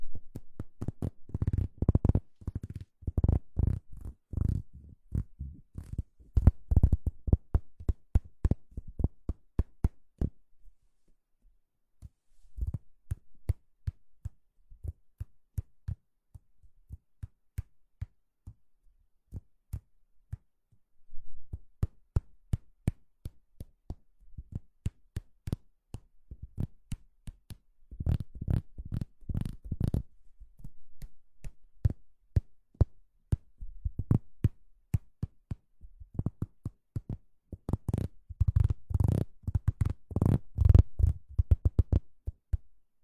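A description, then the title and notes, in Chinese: Hands rubbing together in quick repeated strokes, each a short dry burst heavy in the low end with a faint bright edge. The rubbing comes in bursts with pauses around 10–13 and 18–21 seconds, grows denser again after 22 seconds, and is strongest near the end. 搓手手。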